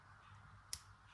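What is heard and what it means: A wire terminal is pushed all the way through a hole in the plastic steering column wiring connector housing of a 1966 Mustang Fastback. Against a low, steady background hum, a single short, sharp click sounds at 0.7 s. The terminal is seated home in the housing.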